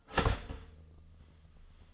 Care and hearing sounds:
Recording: daily activity, microphone in the room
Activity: start toaster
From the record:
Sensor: 4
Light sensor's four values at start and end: 22/67/26/26 and 23/69/27/27

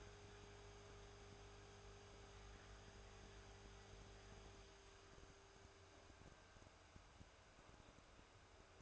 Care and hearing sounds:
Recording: daily activity, microphone in the room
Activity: make coffee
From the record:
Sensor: 2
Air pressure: 1014.5 hPa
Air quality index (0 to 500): 191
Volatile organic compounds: 18 ppm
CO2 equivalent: 2621 ppm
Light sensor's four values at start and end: 4/10/3/4 and 4/10/3/4

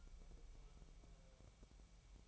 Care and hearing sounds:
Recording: daily activity, microphone in the room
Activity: take from stove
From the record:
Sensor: 1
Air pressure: 1002.0 hPa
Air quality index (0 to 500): 247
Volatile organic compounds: 51 ppm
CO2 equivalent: 3312 ppm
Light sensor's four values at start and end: 6/13/5/6 and 6/13/5/6

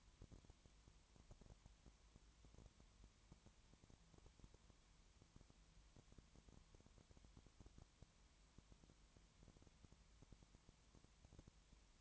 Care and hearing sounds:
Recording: daily activity, microphone in the room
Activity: no activity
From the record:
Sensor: 3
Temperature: 20.5 degrees Celsius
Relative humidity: 33.0%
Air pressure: 1003.2 hPa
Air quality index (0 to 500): 105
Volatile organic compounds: 2 ppm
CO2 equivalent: 1068 ppm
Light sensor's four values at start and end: 2/3/2/2 and 2/3/2/2

